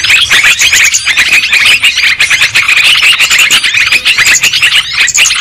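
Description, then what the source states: Lovebirds twittering and squeaking in quick overlapping bursts, a loud, restless flock chatter throughout. Lovebird calls used as a lure sound for trapping birds.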